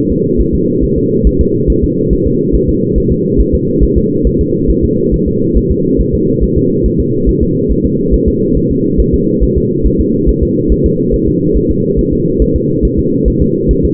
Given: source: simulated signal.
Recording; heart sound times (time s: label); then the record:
fetal heart sounds
0.12 s: S2
0.41 s: S1
0.55 s: S2
0.84 s: S1
0.98 s: S2
1.27 s: S1
1.41 s: S2
1.70 s: S1
1.84 s: S2
2.13 s: S1
2.27 s: S2
2.55 s: S1
2.69 s: S2
2.98 s: S1
3.12 s: S2
3.41 s: S1
3.55 s: S2
3.83 s: S1
3.98 s: S2
4.27 s: S1
4.41 s: S2
4.70 s: S1
4.84 s: S2
5.14 s: S1
5.28 s: S2
5.57 s: S1
5.71 s: S2
6.00 s: S1
6.15 s: S2
6.43 s: S1
6.58 s: S2
6.86 s: S1
7.00 s: S2
7.29 s: S1
7.43 s: S2
7.71 s: S1
7.85 s: S2
8.14 s: S1
8.28 s: S2
8.57 s: S1
8.71 s: S2
9.00 s: S1
9.14 s: S2
9.43 s: S1
9.58 s: S2
9.86 s: S1
10.00 s: S2
10.29 s: S1
10.43 s: S2
10.72 s: S1
10.86 s: S2
11.14 s: S1
11.28 s: S2
11.57 s: S1
11.71 s: S2
11.99 s: S1
12.13 s: S2
12.42 s: S1
12.56 s: S2
12.85 s: S1
12.99 s: S2
13.28 s: S1
13.42 s: S2
13.71 s: S1
13.85 s: S2
From the record:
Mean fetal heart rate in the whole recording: 140 bpm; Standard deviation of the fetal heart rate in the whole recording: 2 bpm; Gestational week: 34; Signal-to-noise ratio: -11.2 dB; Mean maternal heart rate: 72 bpm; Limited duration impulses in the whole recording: present